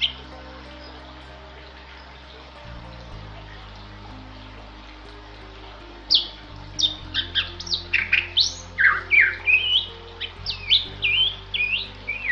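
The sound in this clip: Bali myna silent at first over a low hum, then a lively burst of sharp whistles and squawky slurred notes in the second half.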